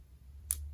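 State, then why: Seated. On the second side of a leather strap for an Islander ISL-84 watch, the quick-release pin is held down and the strap end slipped in until the spring bar snaps into the metal lug hole of the case. A single sharp, bright snap at 0.5 s stands out over a low steady hum. The spring bar is seated.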